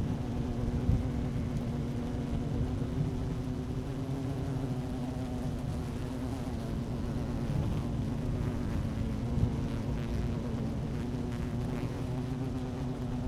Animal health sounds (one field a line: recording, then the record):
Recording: honeybee colony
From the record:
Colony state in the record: active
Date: 12 June 2018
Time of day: 12:12